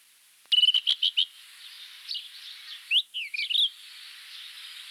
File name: Cercotrichas galactotes Agrobate roux